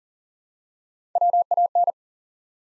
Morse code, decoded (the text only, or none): WAN